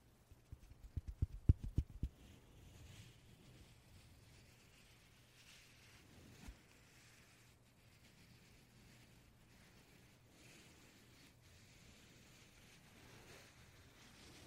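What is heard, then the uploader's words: A burst of quick puffs comes in the first two seconds, a rapid series of low, breathy thumps that grow louder and stop abruptly. One softer puff follows near six and a half seconds, then only a quiet, steady low hiss and rumble remain. 말없이 퍼프 소리만, 가득 담아봤어요 puff sound no talking asmr.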